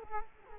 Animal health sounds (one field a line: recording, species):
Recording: mosquito wingbeat signal from an infrared sensor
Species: Culex quinquefasciatus